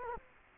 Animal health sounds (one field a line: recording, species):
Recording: mosquito wingbeat signal from an infrared sensor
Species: Culex quinquefasciatus